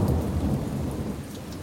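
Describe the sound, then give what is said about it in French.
Steady rain drumming on a glass roof, a dense, continuous patter with a deep rumbling undertone, heard alone without any voices from a dark, deserted corridor. “Il y a juste le bruit de la pluie qui tambourine sur les verrières.”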